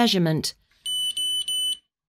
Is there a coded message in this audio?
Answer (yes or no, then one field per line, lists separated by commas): no